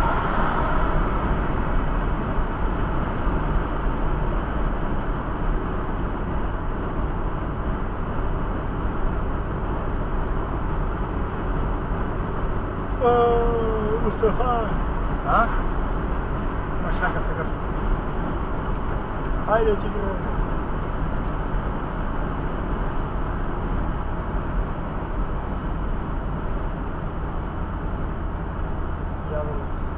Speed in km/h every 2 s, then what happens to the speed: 89, 89, 88, 87, 88, 88, 90, 89, 89, 89, 89, 85, 82, 79, 75.
0-20 steady at about 89. 20-30 slows to 75.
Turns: none.